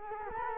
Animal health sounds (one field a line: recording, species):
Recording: mosquito wingbeat signal from an infrared sensor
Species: Culex quinquefasciatus